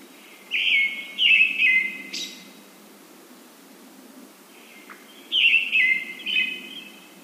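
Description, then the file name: Brown-headed thrush singing two phrases several seconds apart, each of two or three whistled notes, the first closed by a high thin note. "akahara"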